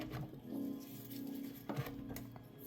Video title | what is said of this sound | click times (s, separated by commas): Stop Struggling with Your GPU! Try This Simple Trick | And you'll hear a click when it actually clicks in. You hear that? That was the click. | 1.7 s